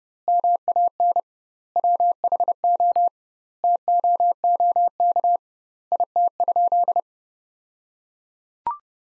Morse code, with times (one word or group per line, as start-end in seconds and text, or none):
0.3-1.2 MAN
1.8-3.1 WHO
3.6-5.4 TOOK
5.9-7.0 IT?